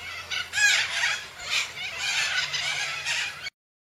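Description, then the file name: Major Mitchell's cockatoo giving harsh, quavering screeches, several rasping notes run together over about three and a half seconds, then the sound cuts off. "canto da cacatua inca"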